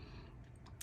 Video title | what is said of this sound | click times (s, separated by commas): TULIP - Odor-Controlling Storage Box 🔐 | and this tray pops out really easily and | 0.7 s, 0.8 s